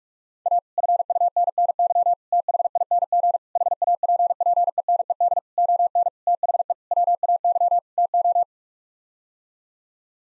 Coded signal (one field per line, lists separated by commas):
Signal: Morse code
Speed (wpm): 42 wpm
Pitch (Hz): 700 Hz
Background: none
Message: A FUNNY THING HAPPENED ON THE WAY TO